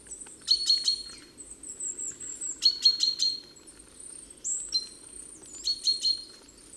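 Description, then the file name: Great tit giving three bursts of harsh buzzy chatter between high thin whistled notes, over a continuous low hum. "Parus major"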